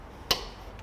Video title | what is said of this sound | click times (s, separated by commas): EVfixMe Install - N2itive Acceleration Shudder & Tire Wear Kit For Tesla Model X/S | there we go now that you can hear that snap into place so you just want to push this pin back this locking pin back in | 0.3 s